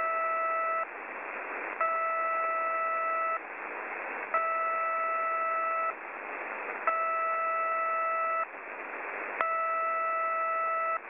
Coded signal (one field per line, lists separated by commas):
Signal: channel marker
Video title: 7700 kHz, UNID New marker, Beeps